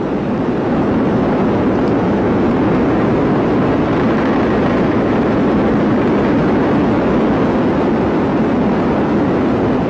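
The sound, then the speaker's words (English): A massive explosion as tons of bombs, depth charges and high explosives detonate from within an island, blowing up submarine pens, coast batteries and 8.5 miles of underground tunnels, heard as a loud, unbroken roar of rumbling noise that holds steady for the whole stretch, with no voices. “Tons of bombs, depth charges, and high explosives detonate from within the island.”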